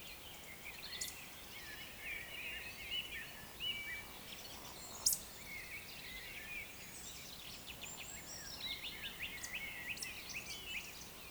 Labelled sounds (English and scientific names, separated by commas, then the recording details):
Eurasian Woodcock (Scolopax rusticola) whistle, Eurasian Woodcock (Scolopax rusticola) croak
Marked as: woodcock, woodcock, whistle, croak, woodcock
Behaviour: display flight
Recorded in Baden-Württemberg, Germany, on 27 June 2020 at 02:40 UTC
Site 43791, 788 m above sea level